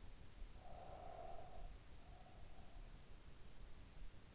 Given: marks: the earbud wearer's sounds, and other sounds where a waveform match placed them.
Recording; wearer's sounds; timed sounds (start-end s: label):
sounds in sleep by an in-ear microphone; breath
0.33-3.33 s: breath